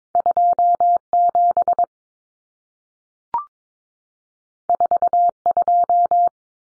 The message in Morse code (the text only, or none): 27 42